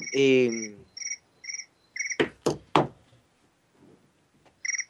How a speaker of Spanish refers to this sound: El grillo.